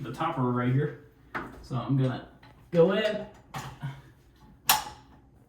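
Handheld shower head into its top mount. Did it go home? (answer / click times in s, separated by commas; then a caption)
yes / 4.7 s. A handheld shower unit is pushed into its top mount (topper) while someone talks. At 4.7 s a sharp click is heard as it snaps in and seats.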